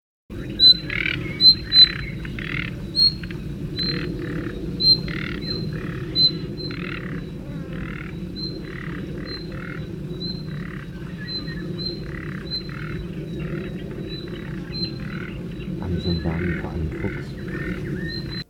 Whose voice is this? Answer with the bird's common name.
Common Nightingale